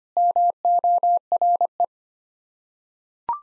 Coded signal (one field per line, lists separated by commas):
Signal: Morse code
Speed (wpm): 25 wpm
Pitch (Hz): 700 Hz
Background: none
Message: MORE